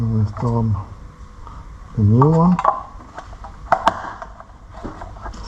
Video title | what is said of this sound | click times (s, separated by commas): SqE - General Car Care - Episode 6 - Servicing my daily driver! [Peugeot 206] | Und den neuen einrasten lassen, | 3.7 s, 3.9 s